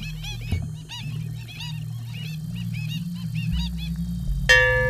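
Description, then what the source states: Black stilt calls: rapid yelping notes over a low drone, ending with a sudden ringing bell-like tone. Kakī calls in exhibition work at Christchurch Art Gallery, mixed with her bell-like glass-and-water idiophone struck with rubber mallets; one of the world's most endangered birds.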